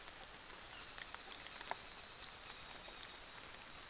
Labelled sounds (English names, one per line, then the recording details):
North Island Saddleback
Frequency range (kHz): North Island Saddleback 2.4-4.4 kHz
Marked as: faintness 4/5
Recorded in New Zealand on 24 December 2018
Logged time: 06:00